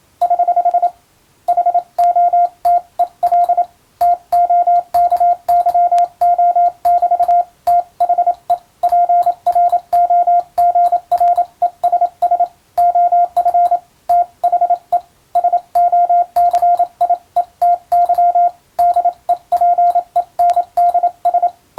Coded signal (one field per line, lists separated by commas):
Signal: Morse code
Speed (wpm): 27 wpm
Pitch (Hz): 700 Hz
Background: radio noise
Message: <HH> HOTEL TOKYO<BT> THE PROGRESS OF THE SOCIETY DEPENDS